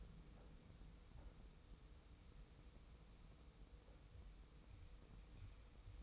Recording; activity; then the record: daily activity, microphone in the room; wipe stove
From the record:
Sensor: 1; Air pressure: 990.5 hPa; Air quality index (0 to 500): 176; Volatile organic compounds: 1000 ppm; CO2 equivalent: 6479 ppm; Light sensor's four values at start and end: 32/74/32/35 and 32/74/32/35